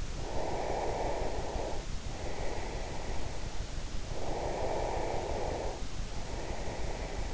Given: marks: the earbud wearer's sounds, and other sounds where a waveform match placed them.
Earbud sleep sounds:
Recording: sounds in sleep by an in-ear microphone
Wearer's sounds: breath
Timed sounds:
0.18-3.45 s: breath
4.01-7.34 s: breath

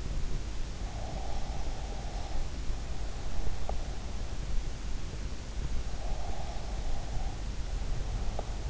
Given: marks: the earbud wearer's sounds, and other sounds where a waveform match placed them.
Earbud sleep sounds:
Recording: sounds in sleep by an in-ear microphone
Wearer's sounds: breath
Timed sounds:
0.90-3.90 s: breath
5.98-8.69 s: breath

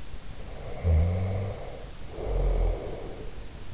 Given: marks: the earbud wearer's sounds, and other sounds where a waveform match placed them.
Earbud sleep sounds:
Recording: sounds in sleep by an in-ear microphone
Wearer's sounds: snoring breath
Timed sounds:
0.27-3.70 s: snoring breath

